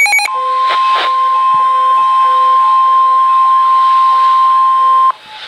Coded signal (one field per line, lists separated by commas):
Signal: Emergency Alert System (SAME) tones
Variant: 1050 Hz attention tone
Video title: Severe Thunderstorm Warning (EAS #23)